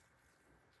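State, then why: Not seated. A fixture plate carrying a camera is handled as it slides into an Anglerfish BGH1 remote underwater housing, producing a low, steady rustling and scraping with no sharp transients. Nothing has seated or clicked yet; the plate is not home in the housing by the end of the clip.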